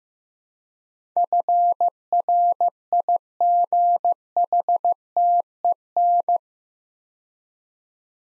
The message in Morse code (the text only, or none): FRIGHTEN